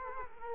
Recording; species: mosquito wingbeat signal from an infrared sensor; Culex quinquefasciatus